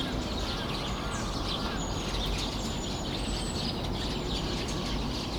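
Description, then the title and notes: Flock of birds twittering, with several thin, high whistled notes over a busy chirping layer and continuous low background noise. Flock of birds in the trees making noise at Sinbanpo Apartment, Jamwon-dong 85, Seocho-gu, Seoul, South Korea. "대한민국 서울특별시 서초구 잠원동 85-Sinbanpo Apt, A Flock of Birds. Sinbanpo Apt, a flock of birds making noise 신반포아파트, 나무 위의 새떼들"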